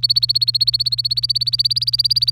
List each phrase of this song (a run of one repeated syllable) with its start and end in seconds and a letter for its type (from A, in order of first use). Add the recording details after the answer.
0.03-2.32 A. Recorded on 27 April 2018 at 08:34. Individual llb3